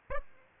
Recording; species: mosquito wingbeat signal from an infrared sensor; Aedes aegypti